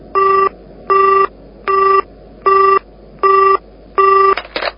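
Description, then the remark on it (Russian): Six short, evenly spaced telephone line tones beep in a steady rhythm, each a flat buzzy pitch, ending in a brief burst of clicking noise as if the line is picked up or dialed. “Я тут же перезвонила ребятам.”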